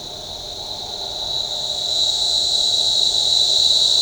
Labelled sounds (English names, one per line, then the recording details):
none
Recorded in shrubland near Pivijay, Magdalena, Colombia, on 18 April 2023 at 08:00
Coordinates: 10.453, -74.365
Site P5-G022